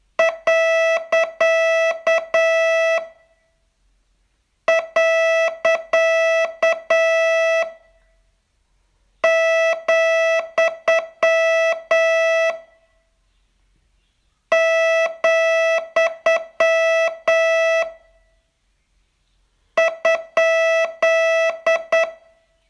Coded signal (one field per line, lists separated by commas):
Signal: Morse code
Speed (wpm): 8 wpm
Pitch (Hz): 660 Hz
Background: music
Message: . . , , ?